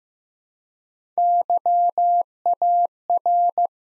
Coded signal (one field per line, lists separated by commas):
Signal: Morse code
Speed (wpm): 15 wpm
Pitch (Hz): 700 Hz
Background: none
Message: YAR